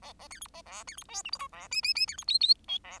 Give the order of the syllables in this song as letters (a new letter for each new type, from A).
A B C D B E C D F G H I E J J J C D K K L E